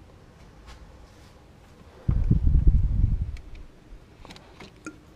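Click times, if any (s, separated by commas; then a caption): 4.9 s. Someone pushes the spark plug wire boot for cylinder two onto its ignition coil pack terminal on a Ford Ranger during an ignition coil replacement. A low rumbling burst of handling noise runs from about 2.1 to 3.4 s, then light ticks at 4.4 and 4.6 s. A sharper click at 4.9 s marks the boot seating on the terminal.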